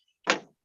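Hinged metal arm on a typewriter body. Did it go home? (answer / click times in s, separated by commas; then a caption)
yes / 0.3 s. A stiff, thick hinged metal arm on a typewriter body is swung until it clicks into its detent position. A single sharp click lands at 0.3 s and decays over about 0.2 s, leaving the arm seated firmly in place.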